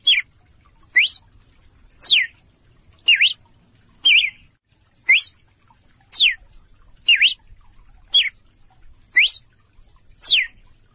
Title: Canto Galo Campina Fêmea. ?COMO FAZER SEU GALO CAMPINA CANTAR MUITO SEM PARAR